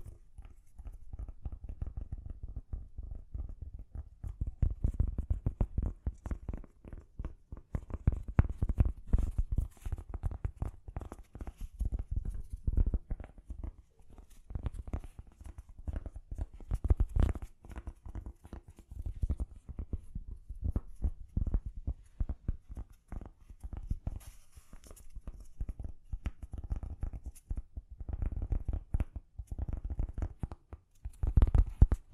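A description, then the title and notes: Gentle tapping goes on throughout, a quick, uneven patter of soft, mostly low, thudding knocks with a faint crisp edge. The taps come in dense clusters with brief gaps, their loudness rising and falling, and a few firmer hits stand out near the end. ASMR Gently Tapping You to Sleep (No Talking).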